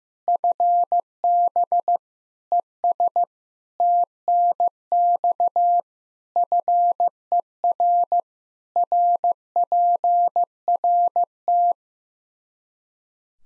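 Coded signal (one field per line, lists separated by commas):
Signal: Morse code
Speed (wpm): 15 wpm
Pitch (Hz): 700 Hz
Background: none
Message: FB ES TNX FER RPRT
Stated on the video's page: Practice QSO drill at 15 wpm, information segment (rig, antenna, weather), each segment sent in Morse, then repeated in Morse.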